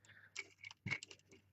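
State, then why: Not seated. A plastic peg on a Transformers Combiner Wars Voyager Optimus Prime action-figure robot is handled toward its mating socket during transformation, with everything needing to be lined up because so many points rotate. Light plastic taps and rattles are heard around 0.4 s and from 0.9 to 1.1 s. Nothing has seated yet.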